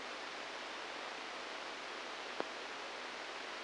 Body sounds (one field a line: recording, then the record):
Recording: brain microelectrode recording played as sound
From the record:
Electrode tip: inside the subthalamic nucleus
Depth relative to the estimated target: 3 mm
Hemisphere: left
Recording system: NeuroSet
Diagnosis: Parkinson's disease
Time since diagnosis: 10 years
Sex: male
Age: 63 years